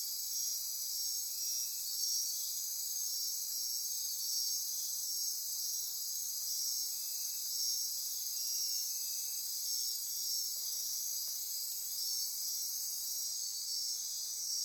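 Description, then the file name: Insect chorus: dense, high, shimmering trills that never pause, plus brief lower buzzes now and then and a slight shift in tone near the end. Insect chorus at midnight near Corcovado. "Wind-is-the-Original-Radio-Fridays 20240628 Andy-Martin Midnight-Insect-Chorus-Near-Corcovado"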